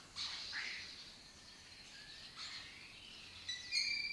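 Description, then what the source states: Lesser kestrel calls, a few scattered rasping notes early on, then a burst of sharper, ringing calls near the end. Colony breeding in an abandoned building complex in Doñana, southern Europe breeding area; migratory raptor that forages in West Africa.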